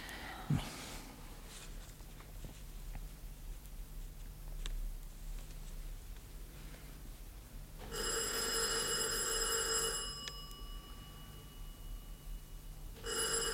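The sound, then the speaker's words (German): A doorbell rings in a long, loud, shrill metallic burst, stops, then starts clanging again at the very end, with only a faint low hum and scattered soft noises in between. “Am Ende hat er schon früher geläutet und wir haben es gar nicht gemerkt.”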